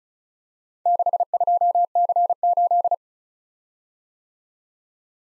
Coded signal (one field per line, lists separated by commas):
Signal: Morse code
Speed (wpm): 38 wpm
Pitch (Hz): 700 Hz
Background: none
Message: 62C8